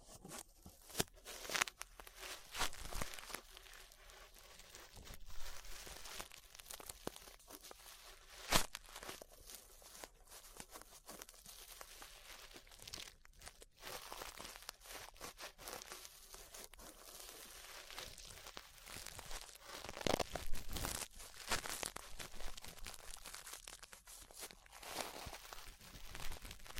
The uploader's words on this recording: ASMR Relaxing 3Dio Ear Brushing (No Talking).